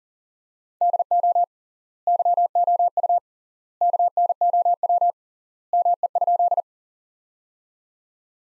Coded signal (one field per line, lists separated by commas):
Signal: Morse code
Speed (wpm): 40 wpm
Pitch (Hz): 700 Hz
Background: none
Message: DO YOU KNOW ME?